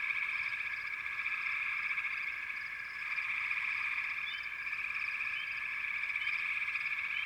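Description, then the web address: Frogs calling en masse in a continuous trilling chorus, with occasional brief upward notes. "Natures Songs Nature Sounds Sounds of Nature Collection 28 Frog Chourus"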